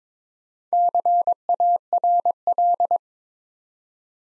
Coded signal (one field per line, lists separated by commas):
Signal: Morse code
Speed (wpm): 22 wpm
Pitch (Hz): 700 Hz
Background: none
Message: CARL